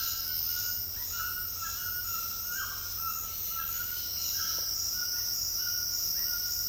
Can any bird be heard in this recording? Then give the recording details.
no. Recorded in secondary vegetation near Puerto Asís, Putumayo, Colombia, on 28 February 2025 at 09:30. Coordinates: 0.484, -76.319. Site G010